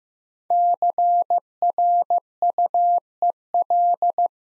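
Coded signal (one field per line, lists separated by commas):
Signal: Morse code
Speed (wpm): 15 wpm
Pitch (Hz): 700 Hz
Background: none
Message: CRUEL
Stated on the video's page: 15wpm practice drill of five-letter words, each sent twice in Morse for head-copy practice.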